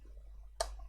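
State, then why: Seated. A screw is turned backwards in a plastic screw boss on a Guitar Hero game controller housing until its thread drops into the existing thread, so no new thread is cut in the plastic. Against a faint low hum, a single sharp, bright click is heard at 0.6 s as the screw seats into the existing thread.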